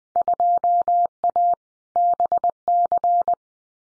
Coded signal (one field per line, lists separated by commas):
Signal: Morse code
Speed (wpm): 20 wpm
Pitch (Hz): 700 Hz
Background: none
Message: 2A BC